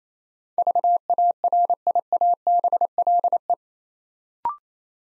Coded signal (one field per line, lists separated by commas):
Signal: Morse code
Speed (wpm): 27 wpm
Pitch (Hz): 700 Hz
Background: none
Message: VARIABLE